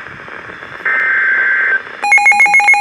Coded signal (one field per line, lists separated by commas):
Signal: Emergency Alert System (SAME) tones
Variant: header bursts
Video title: Severe Thunderstorm Warning (EAS #1462)